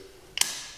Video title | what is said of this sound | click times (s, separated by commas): cat 5e cable and socket installation tutorial - UK | and it clicks into place and then the the | 0.4 s